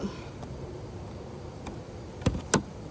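A plastic license plate lamp housing on a 2017 Jeep Cherokee, with its bulb just replaced, is pushed back up into its opening in the rear bumper/liftgate trim. Faint handling noise leads to a sharp click at 2.3 s and a louder snap at 2.5 s as the housing seats. It is confirmed to be in place.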